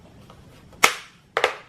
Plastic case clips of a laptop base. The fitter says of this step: and you can hear it clicking into place.